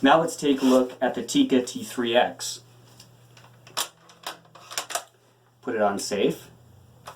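Someone talks about a Tikka T3x bolt-action rifle and its safety lever, followed by several short, sharp clicks and handling sounds between about 3 and 5 seconds, then more talk. The safety is being put on safe, which locks the bolt in place, but nothing has seated or clicked home yet.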